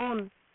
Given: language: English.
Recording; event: throat vibration sensor signal played as sound; speech